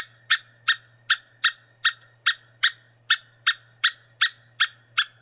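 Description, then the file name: Squirrel calling in a steady series of about thirteen harsh chips, roughly two and a half per second, with a low hum behind. "suara bajing. omkicau"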